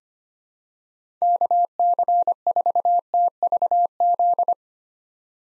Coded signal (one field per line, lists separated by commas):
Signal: Morse code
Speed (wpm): 25 wpm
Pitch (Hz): 700 Hz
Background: none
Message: KC4TVZ